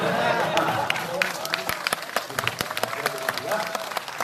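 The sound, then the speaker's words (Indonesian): An audience claps steadily, mostly from one side, during a talk about the presidential election: dense overlapping hand claps with sharp individual slaps popping out, loud and sustained for several seconds with a murmur of voices underneath. “Tangan ya, ini yang banyak tepuk tangan sebelah sini, yang tidak piala itu mungkin Pak Jokowi sendiri.”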